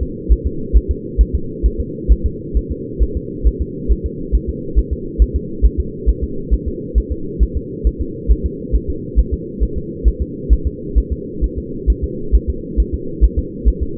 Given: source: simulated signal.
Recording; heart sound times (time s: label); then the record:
fetal heart sounds
0.03 s: S2
0.32 s: S1
0.47 s: S2
0.77 s: S1
0.91 s: S2
1.21 s: S1
1.35 s: S2
1.66 s: S1
1.80 s: S2
2.12 s: S1
2.26 s: S2
2.57 s: S1
2.71 s: S2
3.03 s: S1
3.17 s: S2
3.47 s: S1
3.62 s: S2
3.92 s: S1
4.06 s: S2
4.35 s: S1
4.49 s: S2
4.79 s: S1
4.93 s: S2
5.22 s: S1
5.36 s: S2
5.66 s: S1
5.80 s: S2
6.09 s: S1
6.23 s: S2
6.54 s: S1
6.68 s: S2
6.98 s: S1
7.12 s: S2
7.43 s: S1
7.57 s: S2
7.87 s: S1
8.01 s: S2
8.31 s: S1
8.46 s: S2
8.76 s: S1
8.90 s: S2
9.19 s: S1
9.34 s: S2
9.63 s: S1
9.78 s: S2
10.08 s: S1
10.22 s: S2
10.53 s: S1
10.67 s: S2
10.98 s: S1
11.12 s: S2
11.44 s: S1
11.58 s: S2
11.90 s: S1
12.04 s: S2
12.35 s: S1
12.50 s: S2
12.80 s: S1
12.94 s: S2
13.24 s: S1
13.39 s: S2
13.68 s: S1
13.83 s: S2
From the record:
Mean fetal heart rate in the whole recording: 135 bpm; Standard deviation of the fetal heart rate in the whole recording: 3 bpm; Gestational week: 34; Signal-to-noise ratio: -4.3 dB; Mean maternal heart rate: 72 bpm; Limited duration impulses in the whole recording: absent